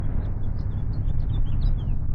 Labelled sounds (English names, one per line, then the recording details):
House Finch song
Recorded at Neponsit on Long Island, New York, on 4 June 1975
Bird B